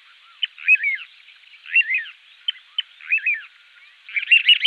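Little ringed plover calls: short whistled notes, some rising and falling in quick wavering pairs, given in separate bursts, then a denser rapid burst at the end.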